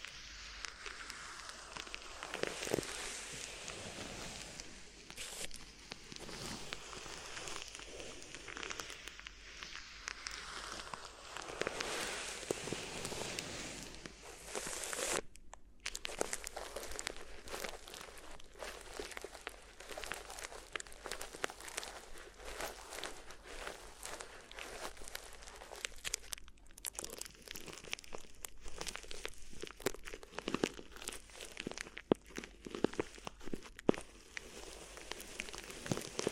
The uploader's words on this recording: ASMR Addictive Crinkly Ear Massage (No Talking).